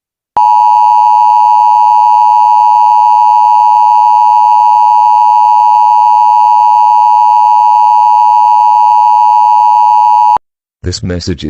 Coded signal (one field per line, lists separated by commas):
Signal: Emergency Alert System (SAME) tones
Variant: 853 and 960 Hz attention tone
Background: speech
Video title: Over Heated: An EAS Scenario